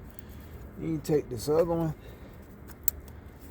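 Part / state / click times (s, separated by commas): oxygen sensor wiring connector into its bracket/mating plug / seated / 2.9 s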